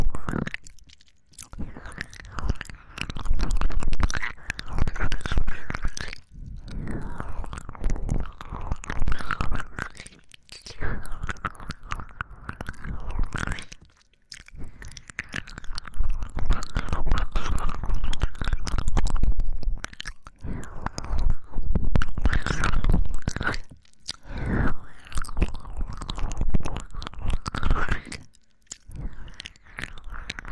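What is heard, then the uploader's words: Wet ear licking and mouth sounds fill the recording in long dense runs of smacking and slurping, with brief silent pauses near 1, 6, 10, 14, 24 and 28 seconds. The sounds are moist and clicky, with a low muffled rumble underneath. 激速啜取舔耳 | 耳舐め | Ear Licking | NO Talking.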